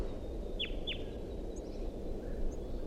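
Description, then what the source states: Red Crossbill gives two quick, sharply downslurred calls in close succession over a steady low rumble of background noise. Type 2; begging calls continuing from a tree with a suspected nest, 6:09 a.m.; at least three birds seen.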